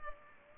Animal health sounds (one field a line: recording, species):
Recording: mosquito wingbeat signal from an infrared sensor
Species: Culex pipiens